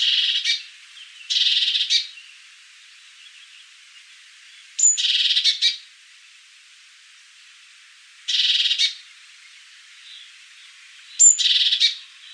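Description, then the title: Great tit calls at feeding: five harsh, buzzy hissing bursts about half a second long, coming at uneven intervals, with two thin, high whistled notes mixed in. Great tit feeding its young. "Sylvain Jaskowiak - Mes piafs. Mésange charbonnière au nourrissage"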